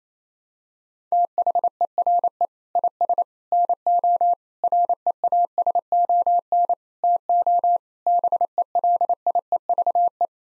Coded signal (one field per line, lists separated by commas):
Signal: Morse code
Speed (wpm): 28 wpm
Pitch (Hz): 700 Hz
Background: none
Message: THERE IS NO REASON TO BELIEVE